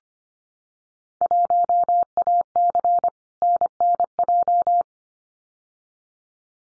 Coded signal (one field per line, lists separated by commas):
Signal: Morse code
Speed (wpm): 25 wpm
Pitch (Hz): 700 Hz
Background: none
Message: 1AC NNJ